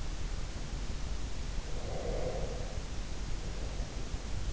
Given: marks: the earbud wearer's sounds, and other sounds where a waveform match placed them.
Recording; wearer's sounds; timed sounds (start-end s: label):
sounds in sleep by an in-ear microphone; breath
1.85-4.32 s: breath